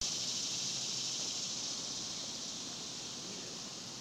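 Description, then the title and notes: Cicadas droning in a steady high hiss over faint background noise. Several cicadas recorded outdoors in daytime in a cemetery in summer. "Ext, Daytime Cicadas, Cemetery, Summer by Bandeto"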